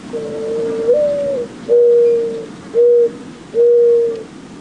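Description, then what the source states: Mourning Dove song: a drawn-out hollow coo stepping up slightly, then three short, steady low coos spaced roughly a second apart. Soothing cooing song; mourning doves show subtle regional differences in their songs across the U.S.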